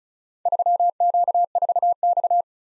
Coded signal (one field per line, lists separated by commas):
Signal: Morse code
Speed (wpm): 36 wpm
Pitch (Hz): 700 Hz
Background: none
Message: 3Q4X